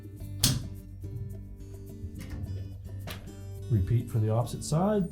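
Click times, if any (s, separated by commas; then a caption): 0.4 s. A plastic rack stop is fitted straight into the end of a GE dishwasher upper rack rail from the front and pressed until it locks, with a sharp click at 0.4 s showing it has seated. Someone talks over steady background music.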